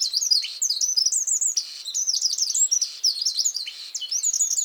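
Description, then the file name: Eurasian wren with a continuous run of very high, rapid warbled notes and trills, loud and unbroken. "Troglodytes troglodytes"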